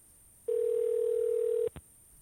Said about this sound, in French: Bon, j'espère qu'elle va répondre. Oh, mon Dieu, sonnerie de merde.